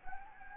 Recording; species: mosquito wingbeat signal from an infrared sensor; Anopheles gambiae